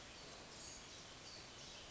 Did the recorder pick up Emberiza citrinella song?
no